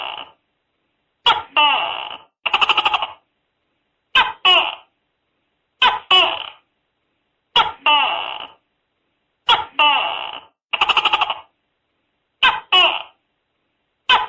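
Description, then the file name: Tokay gecko repeating a loud two-syllable call, short then long and falling, with occasional rattling pulsed notes, spaced by brief quiet pauses. Calling inside a house at night. "tieng tac ke keu trong nha tac ke keu trong dem"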